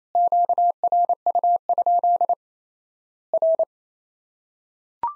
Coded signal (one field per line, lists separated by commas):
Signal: Morse code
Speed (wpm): 28 wpm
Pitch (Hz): 700 Hz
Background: none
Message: QRU? R